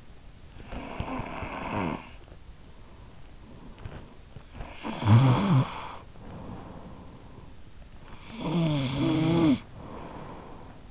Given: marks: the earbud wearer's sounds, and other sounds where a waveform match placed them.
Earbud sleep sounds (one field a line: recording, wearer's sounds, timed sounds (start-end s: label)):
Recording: sounds in sleep by an in-ear microphone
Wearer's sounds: snoring breath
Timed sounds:
0.00-2.80 s: snoring breath
3.66-7.66 s: snoring breath
8.12-10.91 s: snoring breath